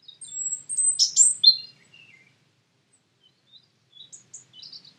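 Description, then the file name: European robin song: very high thin whistles and a jangling burst of notes, a brief pause, then faint high twitters. "Erithacus rubecula"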